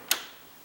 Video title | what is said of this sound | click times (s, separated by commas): Why Your Deadbolt May Not be Protecting You After All | all the way out so that you can't push it in there's a definite little click | 0.1 s